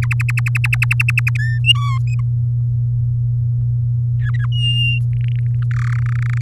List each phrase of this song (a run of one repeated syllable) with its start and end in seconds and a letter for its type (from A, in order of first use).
0.02-1.37 A, 1.38-1.59 B, 1.64-1.98 C, 4.21-4.46 D, 4.52-4.99 E, 5.13-5.47 F, 5.71-5.99 G, 6.02-6.42 H